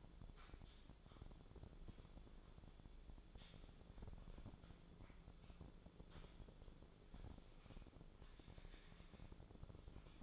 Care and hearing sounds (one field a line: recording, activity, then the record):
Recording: daily activity, microphone in the room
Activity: typing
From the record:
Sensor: 5